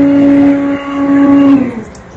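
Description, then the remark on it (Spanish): A blender motor runs with a loud, steady droning whine over grainy noise, holding one pitch for about a second and a half before cutting off. No one speaks. “¿Sí lo escucharon? La licuadora.”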